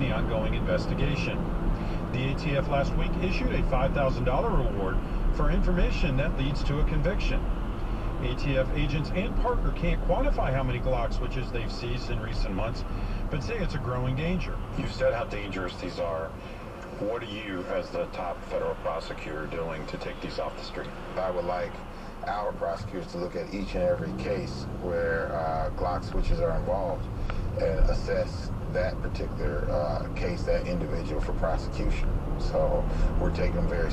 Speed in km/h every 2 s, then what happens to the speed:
53, 55, 48, 44, 40, 31, 21, 13, 6, 0, 0, 0, 0, 18, 24, 37, 48.
3-17 brakes to 0. 17-24 standing. 24-34 pulls away to 48.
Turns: none.